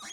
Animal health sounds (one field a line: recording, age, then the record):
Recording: pig call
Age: piglet (1 to 25 days)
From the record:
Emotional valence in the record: negative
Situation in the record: long isolation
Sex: male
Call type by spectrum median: high-frequency call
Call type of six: mixed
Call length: 0.13 s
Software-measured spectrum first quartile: 2131 Hz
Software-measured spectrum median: 3890 Hz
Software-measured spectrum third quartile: 6365 Hz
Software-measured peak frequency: 3282 Hz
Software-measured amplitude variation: 37 dB a second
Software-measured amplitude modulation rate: 15.0 a second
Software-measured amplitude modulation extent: 2.5 dB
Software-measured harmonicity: 5.5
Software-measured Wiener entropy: -2.14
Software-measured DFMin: 478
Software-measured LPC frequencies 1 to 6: 1141, 2058, 3289, 3918, 4944, 5753 Hz